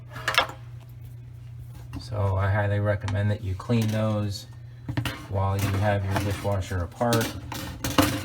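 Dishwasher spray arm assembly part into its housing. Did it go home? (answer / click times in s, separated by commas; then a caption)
no / none. Someone talks while handling a plastic spray arm assembly part from a Samsung Waterwall dishwasher, model DW80H9930US/AA with error code 7E, as it is worked toward its housing. Short handling knocks and clatters are heard around 0.3, 5.0 and 7.9 seconds. Nothing has seated or clicked into place yet.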